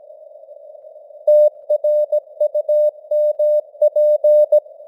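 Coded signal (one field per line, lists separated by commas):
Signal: Morse code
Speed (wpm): 17 wpm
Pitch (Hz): 600 Hz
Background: none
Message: TRUMP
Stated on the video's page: Morse news headlines at 17 wpm with simulated radio noise and fading (QSB).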